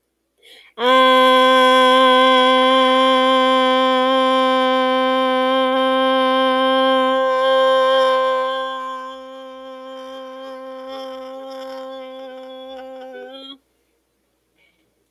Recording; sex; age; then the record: vowel held as long as possible; female; 30 to 39 years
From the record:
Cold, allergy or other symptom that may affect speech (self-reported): no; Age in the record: 36 years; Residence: New Mexico, United States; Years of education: 14